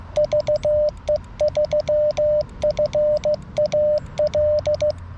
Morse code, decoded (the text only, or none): VE3FAL